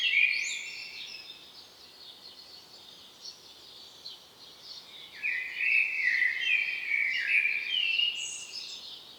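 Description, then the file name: Common blackbird singing a fluty warbled phrase followed by thin high twittering, with a second fuller phrase after a quieter gap. "Turdus merula"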